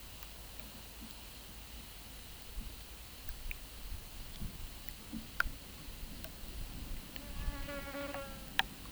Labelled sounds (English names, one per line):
none